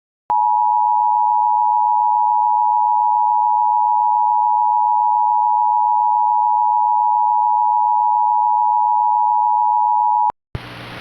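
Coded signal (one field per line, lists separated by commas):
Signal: Emergency Alert System (SAME) tones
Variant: 853 and 960 Hz attention tone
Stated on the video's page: Fictional, deliberately ridiculous EAS scenario, not a real alert.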